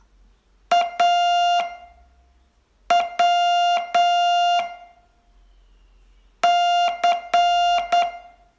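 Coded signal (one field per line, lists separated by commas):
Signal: Morse code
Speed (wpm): 8 wpm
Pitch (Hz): 700 Hz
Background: music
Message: A W C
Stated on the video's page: Morse training lesson, day 21 of a 42-day course.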